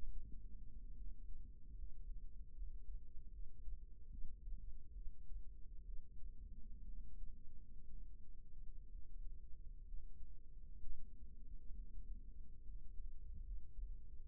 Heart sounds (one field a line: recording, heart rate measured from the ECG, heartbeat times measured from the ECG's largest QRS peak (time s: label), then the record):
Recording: heart sounds by microphone in the right ear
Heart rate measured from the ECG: 68 bpm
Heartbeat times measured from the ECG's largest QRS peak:
0.08 s: heartbeat
0.93 s: heartbeat
1.74 s: heartbeat
2.53 s: heartbeat
3.30 s: heartbeat
4.09 s: heartbeat
4.92 s: heartbeat
5.83 s: heartbeat
6.83 s: heartbeat
7.87 s: heartbeat
8.87 s: heartbeat
9.84 s: heartbeat
10.80 s: heartbeat
11.73 s: heartbeat
12.63 s: heartbeat
13.42 s: heartbeat
14.17 s: heartbeat
From the record:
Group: healthy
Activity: cold pressor test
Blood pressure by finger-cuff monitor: 145/69 mmHg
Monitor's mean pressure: 93 mmHg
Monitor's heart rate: 66 bpm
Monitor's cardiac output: 6.5 L/min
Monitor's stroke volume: 99 mL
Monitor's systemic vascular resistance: 1040 dyn s/cm5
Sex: female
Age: 37 years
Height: 168 cm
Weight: 70 kg